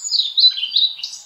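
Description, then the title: Blue-and-white flycatcher song: a quick run of high whistled notes sliding up and down, closing with a short buzzy burst. Recorded at Kirifuri Highlands, Tochigi Prefecture, Japan. "朝の小鳥. 霧降高原（栃木県）のオオルリ"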